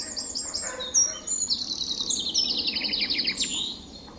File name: Vink - Fringilla coelebs